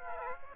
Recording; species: mosquito wingbeat signal from an infrared sensor; Aedes aegypti